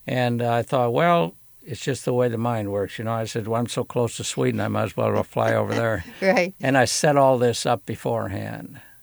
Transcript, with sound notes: And I thought well its just the mind works you know I said once so close to Sweden I might as well go fly over there.
(laughs) Right.
And I set all this up before hand.